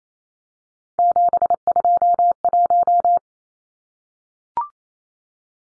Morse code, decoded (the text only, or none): 721